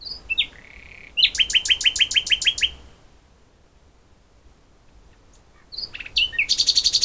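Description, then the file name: Common nightingale song: a few whistled notes, then a fast series of loud repeated chirps, a pause, and another rapid repeated phrase starting. "Luscinia megarhynchos"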